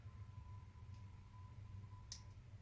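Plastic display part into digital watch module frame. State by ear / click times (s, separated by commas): seated / 2.1 s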